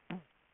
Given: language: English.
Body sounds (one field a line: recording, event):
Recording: throat vibration sensor signal played as sound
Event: throat clearing